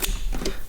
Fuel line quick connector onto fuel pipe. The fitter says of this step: hear the click that means that those clips